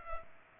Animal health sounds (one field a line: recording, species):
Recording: mosquito wingbeat signal from an infrared sensor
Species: Culex pipiens